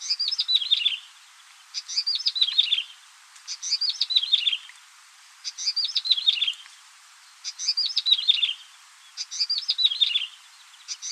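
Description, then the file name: Yellow-bellied Prinia song: a few dry ticking notes, then a quick tumbling jingle that falls in pitch, repeated about every two seconds, with a faint background hiss. "suara prenjak rawa"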